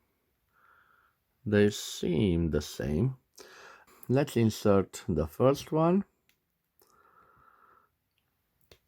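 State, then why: Seated. Someone talks, then a plastic ink cartridge is pushed onto the feed nipple of an ICO International school fountain pen, made in Hungary, until it seats. A faint rustle comes just before a short, sharp click at 8.7 s, which marks the cartridge seating in the pen.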